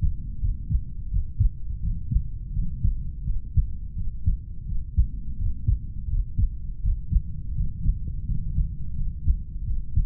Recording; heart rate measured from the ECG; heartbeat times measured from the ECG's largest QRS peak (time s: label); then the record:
heart sounds by stethoscope; 84 bpm
0.39 s: heartbeat
1.09 s: heartbeat
1.81 s: heartbeat
2.52 s: heartbeat
3.23 s: heartbeat
3.94 s: heartbeat
4.65 s: heartbeat
5.36 s: heartbeat
6.08 s: heartbeat
6.81 s: heartbeat
7.53 s: heartbeat
8.24 s: heartbeat
8.94 s: heartbeat
9.63 s: heartbeat
From the record:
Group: heart failure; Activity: rest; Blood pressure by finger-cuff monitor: 88/50 mmHg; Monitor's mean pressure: 58 mmHg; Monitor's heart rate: 85 bpm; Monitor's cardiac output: 7.2 L/min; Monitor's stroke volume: 86 mL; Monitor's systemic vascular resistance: 560 dyn s/cm5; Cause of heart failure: idiopathic cardiomyopathy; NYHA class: 2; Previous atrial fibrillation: present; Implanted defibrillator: present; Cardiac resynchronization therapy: present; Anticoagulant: warfarin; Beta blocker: metoprolol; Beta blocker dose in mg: 50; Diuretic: furosemide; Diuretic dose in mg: 40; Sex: male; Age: 62 years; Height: 184 cm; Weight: 101 kg